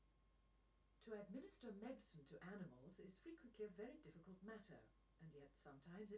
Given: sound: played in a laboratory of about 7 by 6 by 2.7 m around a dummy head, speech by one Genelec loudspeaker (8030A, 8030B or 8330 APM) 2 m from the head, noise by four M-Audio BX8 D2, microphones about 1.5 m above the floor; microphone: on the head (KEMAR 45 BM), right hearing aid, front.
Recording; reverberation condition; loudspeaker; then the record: female speech in English; low; 150 degrees to the left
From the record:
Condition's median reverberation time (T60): about 310 ms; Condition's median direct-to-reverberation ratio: about 3.5 dB